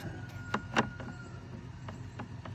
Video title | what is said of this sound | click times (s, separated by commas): BAD BOY ROgue OIL CHANGE Step by Step / CUSTOM Built TRASH BUCKET HOLDER & Deck Lift Extension | and then you just snap that in place | 0.5 s, 0.8 s